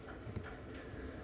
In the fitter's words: all right it wasn't really a click but it did get in there so now we have our new wire